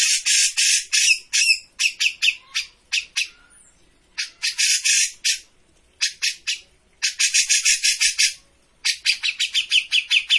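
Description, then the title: Grey-cheeked bulbul song in dense, grating bursts, each a rapid string of buzzy notes, separated by brief gaps throughout. Singing continuously (gacor); used as a master for bird training. "Cucak Jenggot Gacor. Masteran burung cucak jenggot ! Suaka burung"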